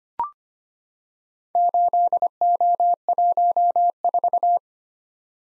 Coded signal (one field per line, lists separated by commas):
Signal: Morse code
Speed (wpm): 25 wpm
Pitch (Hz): 700 Hz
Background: none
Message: 8O14